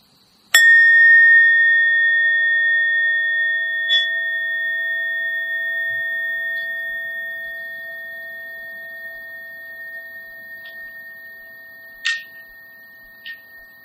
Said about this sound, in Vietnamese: Hơi thở vào, hơi thở ra, sau đó mình mới thỉnh một tiếng chuông.